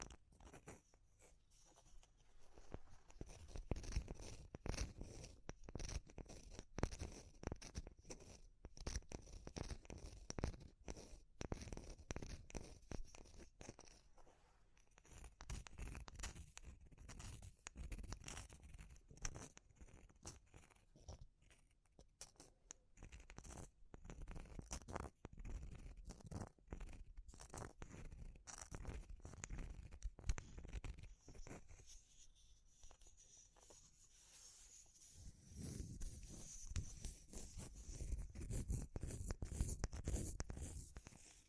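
Wood, bamboo and straw are handled in a dense stream of quick scratches, crackles and tapping clicks that run nearly without pause. The rustling thins briefly around 22 and 33 seconds, then grows louder and heavier with a low rubbing scrape in the final seconds.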